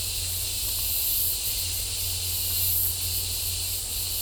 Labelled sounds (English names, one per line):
none